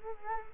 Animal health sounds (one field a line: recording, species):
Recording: mosquito wingbeat signal from an infrared sensor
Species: Culex quinquefasciatus